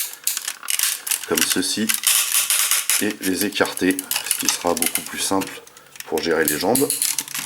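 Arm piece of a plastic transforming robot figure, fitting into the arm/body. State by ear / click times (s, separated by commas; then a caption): not seated / none. An arm piece of a large plastic transforming robot figure is handled and moved out and apart during transformation, with clicks, rattles and clacks of plastic parts while someone talks. The piece is pressed toward its place in the arm/body, but nothing has seated or clicked yet when the clip ends.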